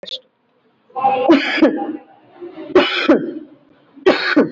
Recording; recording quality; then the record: heavy voluntary cough; moderate, slight background noise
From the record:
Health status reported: recovered from COVID-19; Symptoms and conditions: none ticked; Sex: female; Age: 51 years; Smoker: not ticked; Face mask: worn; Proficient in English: yes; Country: India